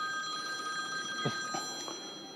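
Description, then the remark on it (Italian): A telephone rings with a steady, high electronic tone made of several bright sustained pitches, accompanied by a few brief clicks partway through; no one speaks. “Provate a chiamarmi da casa. Telefonatemi.”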